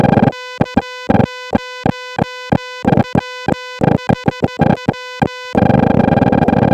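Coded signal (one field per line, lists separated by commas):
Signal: Morse code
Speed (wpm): 14 wpm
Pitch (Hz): 2000 Hz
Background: music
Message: K0WHW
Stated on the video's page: Impromptu CW from a KH-1 travel radio, used with a telescoping whip or a homemade wire end-fed half-wave antenna.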